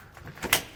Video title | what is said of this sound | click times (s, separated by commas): Step-By-Step Installation Tutorial for the TruXedo Deuce 2 Soft Tonneau Cover on a 2020 Nissan Titan | and then just pull the top portion towards yourself and you will hear it snap into place. | 0.5 s